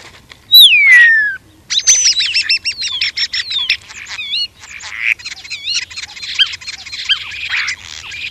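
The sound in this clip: European starling giving a long falling whistle, then quick wavering warbled whistles and dry clicks and rattles mixed in, in a busy, varied medley.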